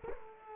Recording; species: mosquito wingbeat signal from an infrared sensor; Culex quinquefasciatus